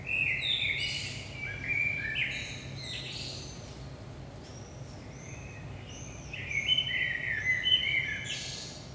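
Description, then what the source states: Common blackbird song: low fluted warbling phrases each ending in a high squeaky twitter, two phrases separated by a pause with thin high whistles between. Blackbird at 5 am in the early morning, Saint-Gilles, Belgium; DPA 4060 microphones in AB position into a Zoom F3.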